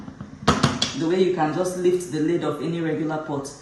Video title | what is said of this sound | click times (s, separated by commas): CONVERSATIONS- How To Use The Pressure Pot- NTA | when you hear that click that means it has lapped and it won't open | 0.6 s, 0.8 s